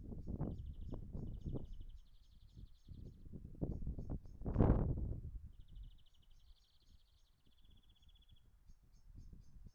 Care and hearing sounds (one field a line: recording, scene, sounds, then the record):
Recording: everyday scene through a hearing-aid microphone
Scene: wind on the microphone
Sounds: wind, traffic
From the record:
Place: in front of a rural house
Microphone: behind the ear, right, rear